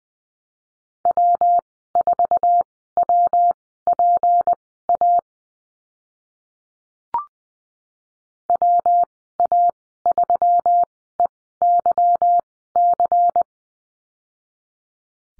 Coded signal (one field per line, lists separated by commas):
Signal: Morse code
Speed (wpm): 20 wpm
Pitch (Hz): 700 Hz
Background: none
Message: W4WPA WA3EYC